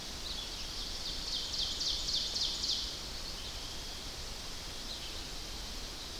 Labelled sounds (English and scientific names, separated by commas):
Ovenbird (Seiurus aurocapilla) song